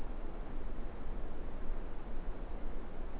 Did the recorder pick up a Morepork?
no